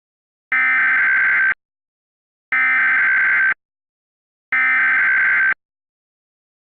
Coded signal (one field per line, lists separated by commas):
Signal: Emergency Alert System (SAME) tones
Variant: header bursts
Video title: *VALID TONES* EAS Shelter in Place Warning Mitchell, NC